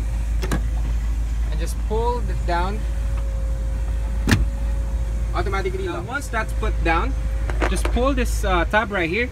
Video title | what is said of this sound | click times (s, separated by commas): 2018 Toyota Land Cruiser LC200 Premium 6SPD V8 DSL Full Tour Review | you could hear the clicking sound, and | 0.5 s